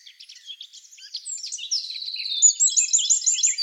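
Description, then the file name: Eurasian wren song that starts with soft scratchy notes, then swells into a loud, fast, repeated high trill toward the end. "Troglodytes troglodytes"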